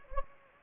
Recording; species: mosquito wingbeat signal from an infrared sensor; Anopheles gambiae